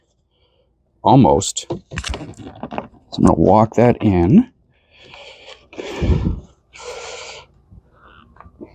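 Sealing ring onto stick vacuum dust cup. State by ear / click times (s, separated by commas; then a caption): seated / 8.4 s. Someone talks while a replacement plastic sealing ring is walked back and forth onto a Dyson V10 stick vacuum dust cup, with broadband scraping and rustling in between. A sharp click at 8.4 s marks a clip snapping in, and the ring is seated, although the second clip is not heard snapping this time.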